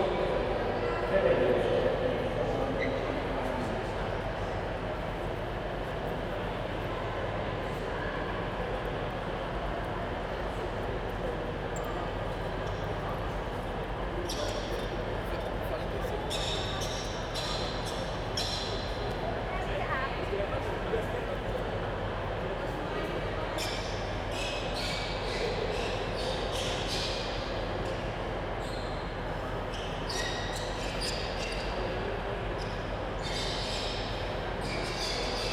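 A busy train station hall, with a steady, dense murmur of voices and low rumble filling the whole stretch. Sharp clicks and knocks, like footsteps or luggage wheels, come in clusters from about fifteen seconds on, especially between twenty-three and thirty-three seconds.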